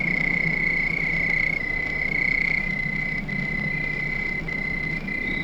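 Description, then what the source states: Crickets trilling steadily in a continuous high-pitched chorus, with a faint low rumble underneath. Crickets at night.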